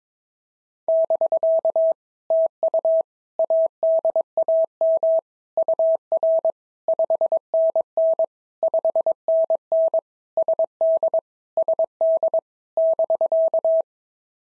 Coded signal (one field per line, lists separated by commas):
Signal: Morse code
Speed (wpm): 22 wpm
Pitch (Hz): 650 Hz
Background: none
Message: <BK> TU ADAM UR 5NN 5NN SD SD <BK>